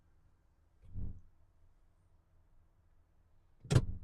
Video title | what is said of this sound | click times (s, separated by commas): 🚚 2026 Mercedes-Benz GLS 580 - Complete Remote Delivery & Feature Tour | You'll hear it lock. | 3.7 s